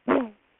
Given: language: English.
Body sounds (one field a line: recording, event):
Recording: throat vibration sensor signal played as sound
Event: throat clearing